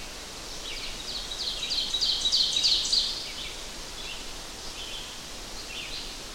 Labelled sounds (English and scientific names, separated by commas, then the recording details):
Ovenbird (Seiurus aurocapilla) song
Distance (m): 30 m
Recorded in boreal forest in Alberta, Canada, on 12 June 2016 at 05:05
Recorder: SongMeter 3, array SBT-3-18
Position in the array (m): 147 m, 127 m
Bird 29